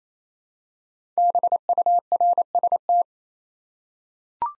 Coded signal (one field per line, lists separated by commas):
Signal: Morse code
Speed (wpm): 29 wpm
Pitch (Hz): 700 Hz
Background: none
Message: BURST